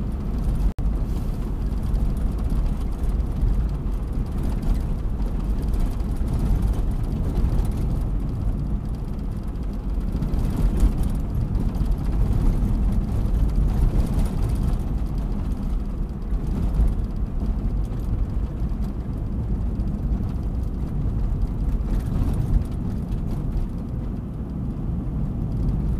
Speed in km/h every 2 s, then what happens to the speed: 52, 53, 52, 51, 51, 51, 51, 50, 49, 48, 47, 46, 47.
0-26 steady at about 51.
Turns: none.